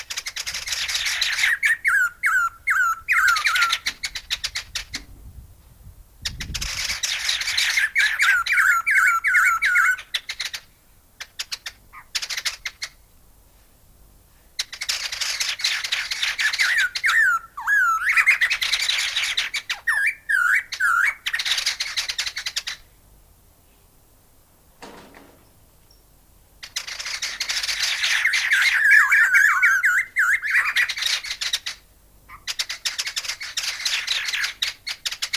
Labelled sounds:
White-necked Laughingthrush (Garrulax strepitans) call
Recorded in captivity
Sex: group
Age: adult
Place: Tierpark Berlin, Berlin, DE
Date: 2000-12-21 15:37
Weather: overcast, 0°C
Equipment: Nagra SN, Kopie Uher 4000 Report Monitor
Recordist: Tembrock, Günter

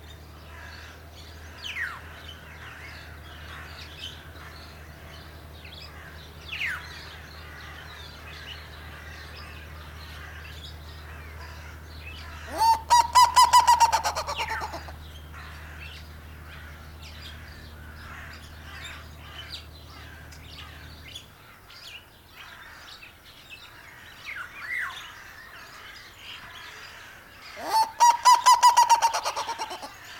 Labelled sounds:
Black-legged Seriema (Chunga burmeisteri) call
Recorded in captivity
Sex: male
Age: adult
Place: Zoo Berlin, Berlin, DE
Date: 1997-03-04 12:15
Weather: heiter, 10 bis 12°C
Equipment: Nagra SN, Kopie Uher 4000 Report Monitor
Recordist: Tembrock, Günter
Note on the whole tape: Männchen: aufgebaumt, Rufreihen (Entfernung ca. 2 m)

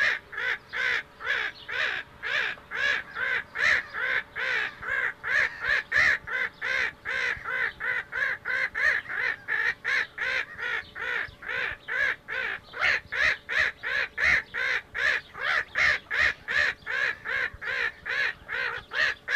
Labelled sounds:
Black-headed Gull (Chroicocephalus ridibundus) call
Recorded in captivity
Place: Zoo Rotterdam, DE
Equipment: Halbspur, 9,5 cm/s
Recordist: Lütgens, Hans

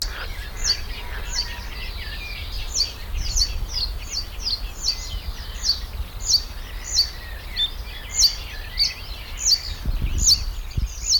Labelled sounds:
Reed Bunting (Emberiza schoeniclus)
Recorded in the wild
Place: Karower Teiche, Naturpark Barnim, Berlin, DE
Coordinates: 52.62, 13.46
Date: 1996-05-19 13:20
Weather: heiter, 24°C
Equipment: Sony MD-WM MZ-R3, Sennheiser MKH 416 T, Kopie Uher 4000 Report Monitor
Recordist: Tembrock, Günter

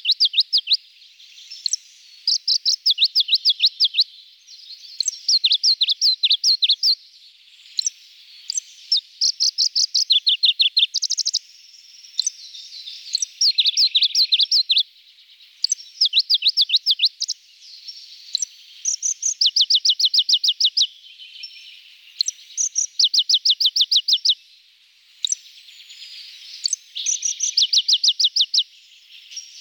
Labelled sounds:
Pallas's Leaf Warbler (Phylloscopus proregulus) song
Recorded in the wild
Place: Tormasu (Umgebung), RU
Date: 1994-06-03
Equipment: Dat-Recorder Casio DA 7, Telinga DAT, Telinga-Parabolspiegel
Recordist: Schwarz, Dieter
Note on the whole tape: Song

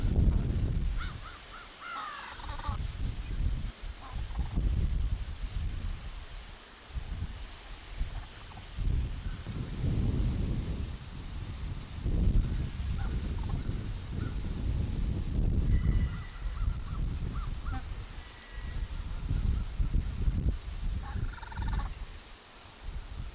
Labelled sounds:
Hawaiian Goose (Branta sandvicensis) call
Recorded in captivity
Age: adult
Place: Wildlife Park Shubenacadie, Nova Scotia, CA
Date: 1991-10-10 11:51
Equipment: Sony WM-D6C, Sony ECM-939 LT (Stereo), Kopie Uher 4400 IC
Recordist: Frommolt, Karl-Heinz

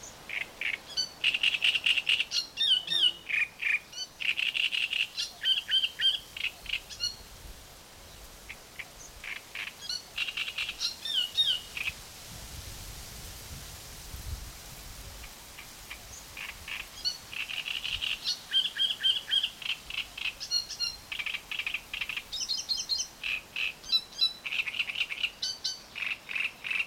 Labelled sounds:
Great Reed Warbler (Acrocephalus arundinaceus)
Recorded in the wild
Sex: male
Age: adult
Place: Mühlenbeck, Brandenburg, DE
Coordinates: 52.667, 13.37
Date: 1992-06-08 11:00
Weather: sonnig (heiter) 21-22°C, böiger Wind
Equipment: Nagra SN, Mikrofon AKG CK 8, Kopie Tesla B 116
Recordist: Tembrock, Günter

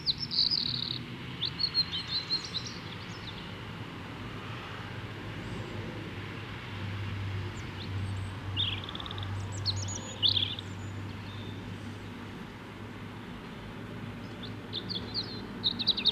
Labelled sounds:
European Robin (Erithacus rubecula) song
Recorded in the wild
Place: Kaiserslautern, Rheinland-Pfalz, DE
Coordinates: 49.4247, 7.77889
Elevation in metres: 279
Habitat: garden
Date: 1976-07-25
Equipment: Nagra IV, Sennheiser MKH 405, Parabolreflektor
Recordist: Tretzel, Erwin

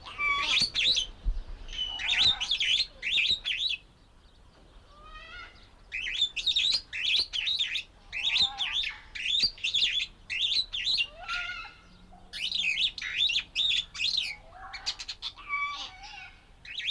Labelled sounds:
Superb Starling (Lamprotornis superbus)
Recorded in captivity
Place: Timmendorfer Strand, Holsteinische Schweiz, Schleswig-Holstein, DE
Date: 1992-09-21 14:40
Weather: sonnig, 22°C
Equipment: Marantz CP 430, Sennheiser ME 80, Kopie Tesla B 116
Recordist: Tembrock, Günter

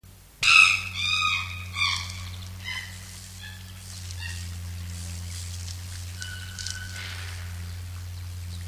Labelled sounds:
Chimpanzee (Pan troglodytes)
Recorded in captivity
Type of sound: scream
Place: Zoo Münster, Nordrhein-Westfalen, DE
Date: 1988-10-04 13:07
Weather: bedeckt, 14°C
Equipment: Sony WM-D6C, Kopie Uher
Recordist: Tembrock, Günter
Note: Kreischen im Hintergrund

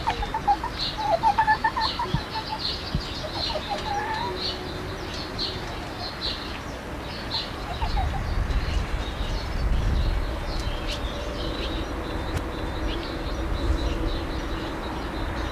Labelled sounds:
Corsac Fox (Vulpes corsac)
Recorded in captivity
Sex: male
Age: adult
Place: Zoo Halle, Sachsen-Anhalt, DE
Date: 1993-04-24 10:30
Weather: fair, 21-22 °C
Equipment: Sony WM-D6C, Sony ECM-939 LT, Kopie Uher Variocord 263
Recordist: Tembrock, Günter

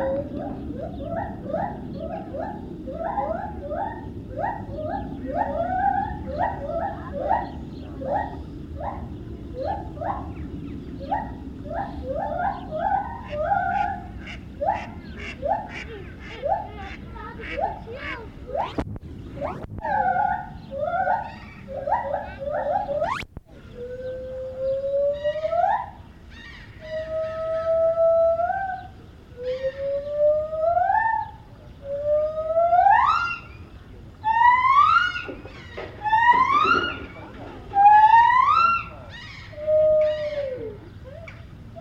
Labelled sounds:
Lar Gibbon (Hylobates lar)
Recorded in captivity
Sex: pair
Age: adult
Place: Tierpark Berlin, Berlin, DE
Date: 1973-03-10
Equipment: Uher 4200 Report Stereo, Verstärker I, Sennheiser MD 421
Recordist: Tembrock, Günter

